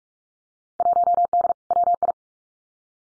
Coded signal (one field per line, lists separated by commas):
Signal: Morse code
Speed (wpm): 46 wpm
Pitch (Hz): 700 Hz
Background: none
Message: 1D WI